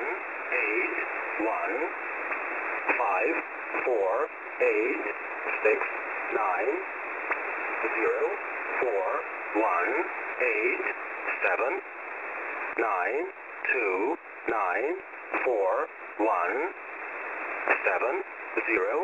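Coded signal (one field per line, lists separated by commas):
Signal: numbers station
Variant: English Man, English voice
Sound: a voice reading short, evenly spaced words through steady shortwave hiss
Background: radio static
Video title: "English Man" number station at 14472 kHz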